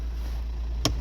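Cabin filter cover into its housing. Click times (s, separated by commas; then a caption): 0.9 s. A mechanic refits a plastic cabin (pollen) filter cover into its housing: with the back edge already in, he presses the front underside until the first plastic catch snaps in. A low steady hum runs throughout, broken by one sharp click at 0.9 s as the cover clip snaps home and seats.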